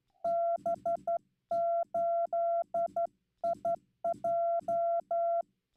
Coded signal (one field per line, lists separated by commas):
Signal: Morse code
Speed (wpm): 12 wpm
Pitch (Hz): 680 Hz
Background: none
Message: B8IJ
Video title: Humiliating moment Live from Straight Key Night - Slow CW QSO